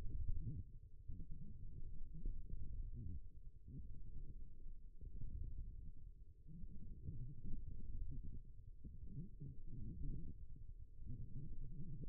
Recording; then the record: forearm muscle sounds (acoustic myography)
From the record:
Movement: forearm pronation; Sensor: system 1, eight BSWA MPA416 microphones around the upper forearm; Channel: 2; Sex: female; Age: 21 years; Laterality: right